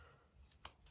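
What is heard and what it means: Two plastic gearbox case halves of a Tamiya Beetle Rally MF-01X RC car chassis are brought together with the shafts lined up and wiggled into position. Against a quiet, low background, a single sharp click sounds at 0.6 s as the halves snap together. The gearbox case is seated.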